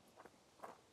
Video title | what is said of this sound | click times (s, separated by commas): etrailer - How the Thule T2 Pro XTR 2 Bike Rack Fits - 2025 Hyundai Palisade | And pull that back, we'll hear that click, and we'll lower the bike away from our lift gate. | 0.2 s